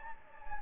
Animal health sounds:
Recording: mosquito wingbeat signal from an infrared sensor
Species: Anopheles gambiae

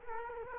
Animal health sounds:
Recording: mosquito wingbeat signal from an infrared sensor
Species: Culex quinquefasciatus

